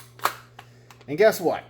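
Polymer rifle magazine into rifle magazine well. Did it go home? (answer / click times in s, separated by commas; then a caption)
no / none. With the bolt locked open, a polymer rifle magazine is pushed up into a rifle's magazine well, making a sharp knock at 0.3 s and faint taps at 0.6 s and 0.9 s before someone talks. The magazine fails to lock in; nothing has seated or clicked yet, because a lip on the magazine has slightly different dimensions and is a little longer.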